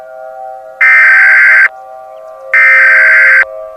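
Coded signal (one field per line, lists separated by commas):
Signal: Emergency Alert System (SAME) tones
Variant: header bursts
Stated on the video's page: Fictional EAS scenario, remastered, using valid EAS tones with voice actors.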